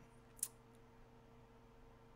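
The top display flex cable of a Galaxy S3 with a replacement AMOLED screen is plugged into its connector on the phone's logic board. A single sharp, short click at 0.4 s shows the flex connector snapping in and seating, over a low steady hum. There is no talking.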